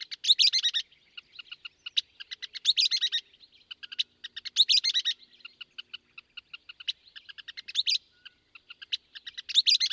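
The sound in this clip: Western kingbird calling steadily: sharp clipped notes alternate with dense, squeaky, sputtering chatter bursts, repeated several times.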